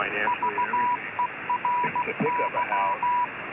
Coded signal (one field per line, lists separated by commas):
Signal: Morse code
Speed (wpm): 16 wpm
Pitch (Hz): 980 Hz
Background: speech, radio noise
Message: VERY